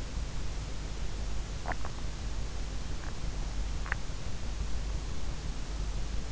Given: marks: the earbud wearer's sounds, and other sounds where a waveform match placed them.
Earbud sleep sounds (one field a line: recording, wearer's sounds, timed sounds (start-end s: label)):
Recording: sounds in sleep by an in-ear microphone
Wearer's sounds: swallowing, teeth grinding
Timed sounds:
1.20-1.85 s: swallowing
3.67-4.06 s: teeth grinding